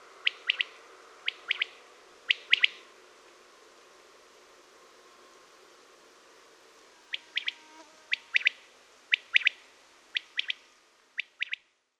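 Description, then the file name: Common quail calling in sharp three-note phrases, repeated about once a second, with a pause in the middle before the phrases resume. "przepiorka"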